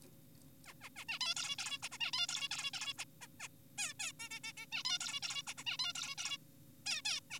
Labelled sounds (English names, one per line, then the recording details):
Zebra Finch
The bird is an adult
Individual g4p5U